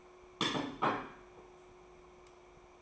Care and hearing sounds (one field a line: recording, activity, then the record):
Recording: daily activity, microphone in the room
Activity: place plate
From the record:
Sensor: 1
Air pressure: 1004.4 hPa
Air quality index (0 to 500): 197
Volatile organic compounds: 18 ppm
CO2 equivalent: 2603 ppm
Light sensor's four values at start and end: 4/9/3/3 and 4/9/3/3